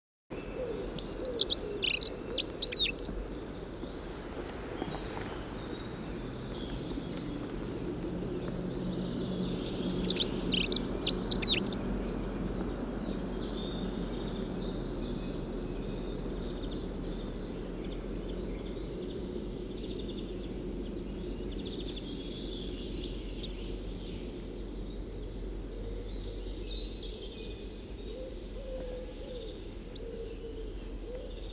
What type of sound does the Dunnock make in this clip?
song